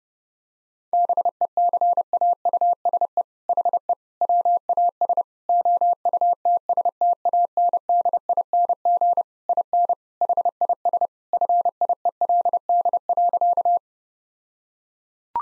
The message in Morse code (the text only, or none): BECAUSE HE WAS OUTSTANDING IN HIS FIELD.